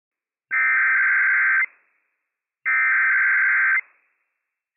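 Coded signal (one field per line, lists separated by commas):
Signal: Emergency Alert System (SAME) tones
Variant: header bursts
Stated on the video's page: Required Weekly Test issued by county emergency management on NOAA Weather Radio transmitter WWF56; valid operational EAS tones.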